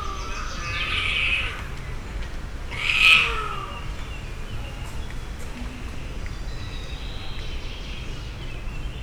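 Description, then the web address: Puma giving two high meows about two seconds apart in the first few seconds, the second louder and sharper, followed by several seconds of quiet hiss. Captive puma at a zoo in Szeged, Hungary, 2011, giving longer meowing calls. "puma hosszabbnyavogas"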